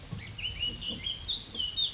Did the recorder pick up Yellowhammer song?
no